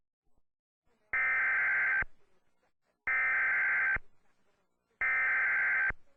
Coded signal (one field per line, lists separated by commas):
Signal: Emergency Alert System (SAME) tones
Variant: header bursts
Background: speech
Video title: EAS thunderstorm watch